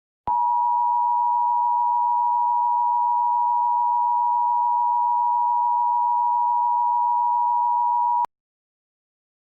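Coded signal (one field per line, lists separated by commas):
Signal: Emergency Alert System (SAME) tones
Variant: 853 and 960 Hz attention tone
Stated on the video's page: Fictional Required Monthly Test scenario carried on a fictional cable system, not a real alert.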